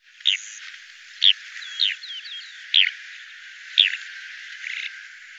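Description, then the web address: Bird giving short sharp high notes roughly once a second, with a few faint downslurred whistles between them over a steady hiss. "Deverinetal 2025 File cleaned normalized Bird Al Ar"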